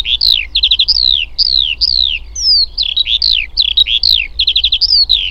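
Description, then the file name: Eurasian skylark song: high, liquid chirps, downslurred whistles and quick rattling note clusters follow each other rapidly and continuously. "alauda arvensis"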